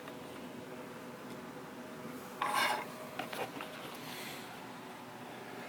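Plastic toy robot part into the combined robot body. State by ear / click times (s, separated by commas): not seated / none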